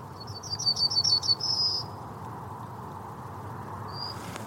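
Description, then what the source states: Yellowhammer song: a quick run of thin, high chirps that ends in a longer drawn-out note, then one brief high note, over a steady low background hum. Recorded outdoors; identified by a bird-ID app; song begins with several fast grasshopper-like chirps followed by one or two long notes.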